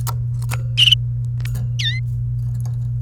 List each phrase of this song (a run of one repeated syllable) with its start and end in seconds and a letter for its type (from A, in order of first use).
1.79-1.99 A